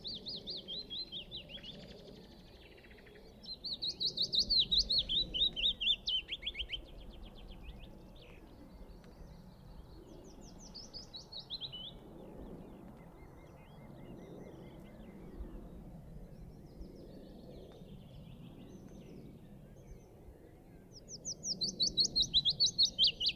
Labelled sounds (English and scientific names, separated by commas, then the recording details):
Willow Warbler (Phylloscopus trochilus) song
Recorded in the wild
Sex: male
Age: adult
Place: Schönow, Naturpark Barnim, Brandenburg, DE
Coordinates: 52.69, 13.5125
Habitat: heath
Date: 2005-04-10
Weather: cloudy, 0°C, no wind
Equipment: Tascam DA-P1, Sennheiser MKH 70, Windschutz
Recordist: Frommolt, Karl-Heinz